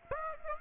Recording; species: mosquito wingbeat signal from an infrared sensor; Aedes aegypti